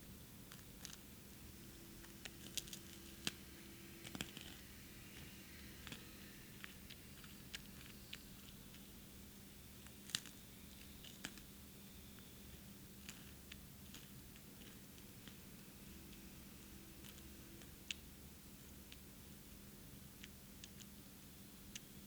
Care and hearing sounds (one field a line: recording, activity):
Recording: daily activity, guitar pickup as the sensor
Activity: eat